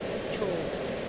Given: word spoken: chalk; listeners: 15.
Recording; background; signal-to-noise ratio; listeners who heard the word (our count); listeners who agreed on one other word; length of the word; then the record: one English word in noise, from a listening test; speech-shaped noise; -4.2 dB; 2 of 15; 7 of 15; 0.69 s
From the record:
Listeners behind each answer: 7, 2, 2, 2, 1, 1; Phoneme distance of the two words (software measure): 7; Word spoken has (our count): 1 syllable, 3 phonemes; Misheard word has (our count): 1 syllable, 2 phonemes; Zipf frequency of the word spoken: 3.87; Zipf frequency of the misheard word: 3.07